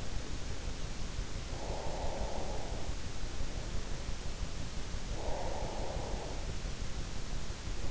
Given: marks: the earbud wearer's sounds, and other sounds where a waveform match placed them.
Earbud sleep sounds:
sounds in sleep by an in-ear microphone; breath
1.52-3.37 s: breath
4.95-6.70 s: breath

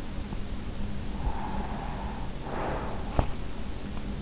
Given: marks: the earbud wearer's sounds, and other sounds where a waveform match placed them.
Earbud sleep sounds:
sounds in sleep by an in-ear microphone; breath
1.28-3.05 s: breath

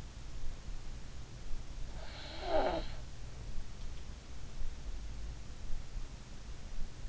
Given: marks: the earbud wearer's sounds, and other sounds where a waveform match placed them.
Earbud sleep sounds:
sounds in sleep by an in-ear microphone; snoring breath
1.80-2.91 s: snoring breath

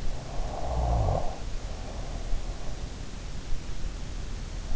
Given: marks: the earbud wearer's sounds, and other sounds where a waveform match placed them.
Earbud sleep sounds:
sounds in sleep by an in-ear microphone; snoring breath
0.52-3.23 s: snoring breath

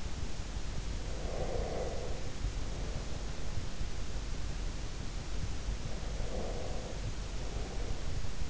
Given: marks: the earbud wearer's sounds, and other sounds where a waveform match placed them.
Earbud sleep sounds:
sounds in sleep by an in-ear microphone; breath
1.10-3.77 s: breath
5.98-8.50 s: breath

